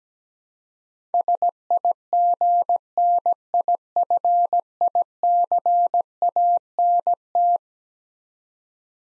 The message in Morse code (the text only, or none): SIGNIFICANT